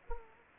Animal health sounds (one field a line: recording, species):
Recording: mosquito wingbeat signal from an infrared sensor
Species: Anopheles gambiae